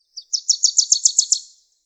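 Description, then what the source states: Bird twittering: a quick, high trill of about nine bright chirped notes, evenly spaced and lasting just over a second, with silence around it. Coniferous forest.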